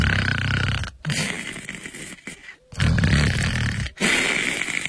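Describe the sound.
A storyteller's male voice imitates the light snoring of Cheng Yaojin, lying face-down on the ground in handcuffs, in three long, rasping, throaty breaths separated by brief pauses, loud and steady, with no words spoken.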